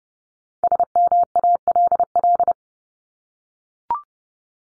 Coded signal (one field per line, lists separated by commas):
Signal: Morse code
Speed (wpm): 30 wpm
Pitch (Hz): 700 Hz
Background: none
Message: SMALL